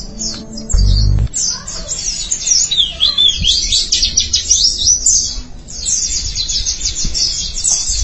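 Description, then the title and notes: White-eye song: unbroken high-pitched twittering with overlapping chirps, a brief low thud early on and a soft low background hum. "Suara kicauan burung pleci"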